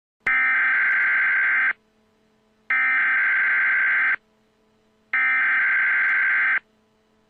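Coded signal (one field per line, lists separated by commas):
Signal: Emergency Alert System (SAME) tones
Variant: header bursts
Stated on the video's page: Recreated EAS/EBS alert in a film-themed mock, not a real broadcast.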